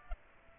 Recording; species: mosquito wingbeat signal from an infrared sensor; Aedes aegypti